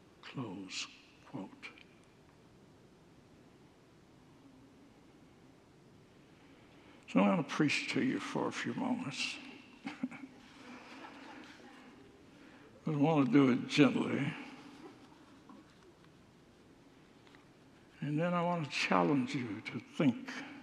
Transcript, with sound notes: Close quote. So, I want to preach to you for a few moments. [Laughs] But I want to do it gently. And then I want to challenge you to think